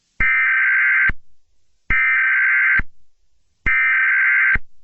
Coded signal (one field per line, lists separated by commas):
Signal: Emergency Alert System (SAME) tones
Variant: header bursts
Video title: April Fools! - An EAS Mini scenario special